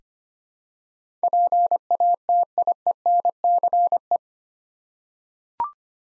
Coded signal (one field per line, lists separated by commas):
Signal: Morse code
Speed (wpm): 25 wpm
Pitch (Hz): 700 Hz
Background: none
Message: PATIENCE